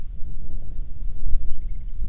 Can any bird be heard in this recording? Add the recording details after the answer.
yes. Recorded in the Arctic National Wildlife Refuge, Alaska, on 9 July 2019 at 21:44. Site 48